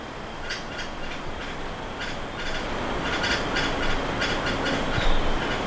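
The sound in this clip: Bird calls: short, sharp chips in quick irregular bursts, over a constant high thin whine and a dense low rumbling background.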